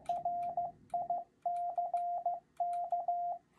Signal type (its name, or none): Morse code